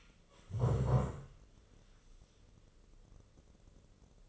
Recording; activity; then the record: daily activity, microphone in the room; stand up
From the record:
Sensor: 4